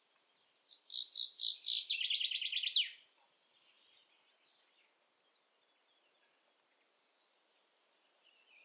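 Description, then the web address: Common chaffinch singing one brisk descending phrase of rattling notes that ends in a sharp flourish, followed by several seconds of near silence with faint background sound. "Deverinetal"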